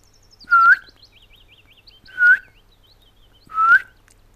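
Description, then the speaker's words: Willow Warbler contact calls: three clear, rising 'hoo-eet' whistles roughly every one and a half seconds, with a faint, thin warbling sound running softly behind. Migrating birds heard in late August, when shrubberies on the southern coast teem with them and their wistful contact calls. "Tänäkin vuonna elokuun viimeisinä päivinä etelärannikon pensaikot ovat kuhisseet pajulintuja ja niiden haikeita kutsuääniä"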